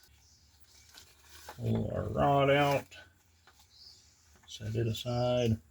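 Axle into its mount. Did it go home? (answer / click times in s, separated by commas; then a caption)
no / none. A rod is pulled out and set aside while someone talks, with faint handling noise and a small sound near 3.5 seconds. The axle for the wagon assembly's mount is being handled but has not gone in yet, so nothing has seated or clicked.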